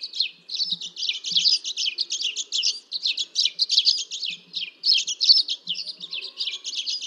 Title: Aplikasi Suara Burung. Dead Sea Sparrow (Passer moabiticus)